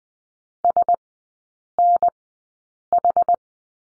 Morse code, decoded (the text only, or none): SNH